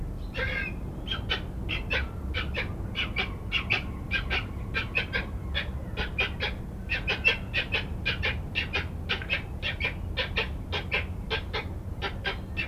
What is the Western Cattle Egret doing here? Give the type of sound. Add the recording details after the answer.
courtship call. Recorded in captivity. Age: adult. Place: Zoo Osnabrück, Niedersachsen, DE. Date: 1981-08-31. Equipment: Halbspur, 9,5 cm/s. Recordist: Lütgens, Hans